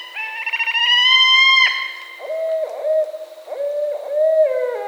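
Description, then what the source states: Barred owl giving a high, wavering squeal that slurs downward, followed by several low hoots. Recorded on 20 October 2010.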